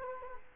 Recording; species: mosquito wingbeat signal from an infrared sensor; Culex quinquefasciatus